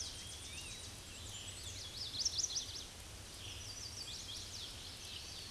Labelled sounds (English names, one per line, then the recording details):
Chestnut-sided Warbler song
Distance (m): 55 m
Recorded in a Pennsylvania forest on 18 May 2023 at 07:57
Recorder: AudioMoth, point grid1_25_low
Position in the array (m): 105 m, 214 m